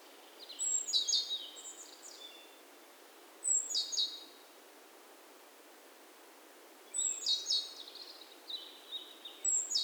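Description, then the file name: Great tit calls: high chirping bursts mixed with buzzy notes, in irregular groups separated by quiet stretches of hiss. "Parus major"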